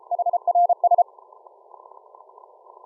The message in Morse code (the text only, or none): HRS